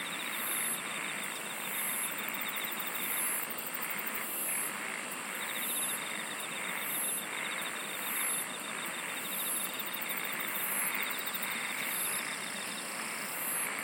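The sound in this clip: Insect chorus with repeated high-pitched chirp bursts, layered over a steady drone and fainter pulsed trills, amid broad noise.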